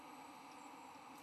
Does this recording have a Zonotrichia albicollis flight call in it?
no